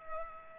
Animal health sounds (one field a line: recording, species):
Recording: mosquito wingbeat signal from an infrared sensor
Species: Culex pipiens